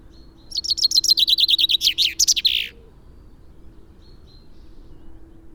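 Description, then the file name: Common chaffinch song: one fast descending phrase of repeated notes ending in a flourish, followed by quiet with a few faint notes. "Fringilla coelebs"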